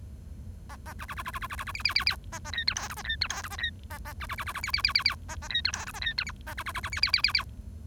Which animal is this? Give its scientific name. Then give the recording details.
Lonchura striata domestica. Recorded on 1 October 2012 at 08:44. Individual or60yw70